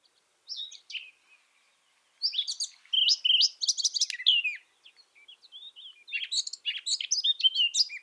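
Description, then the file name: Eurasian blackcap song, short high chirps and then a rich, quick warble of varied notes, starting and stopping in bursts over eight seconds. "Sylvia atricapilla"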